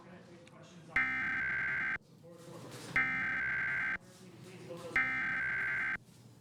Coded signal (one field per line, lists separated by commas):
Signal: Emergency Alert System (SAME) tones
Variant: header bursts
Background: speech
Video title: WABC National Emergency Alert System Test 8/11/2021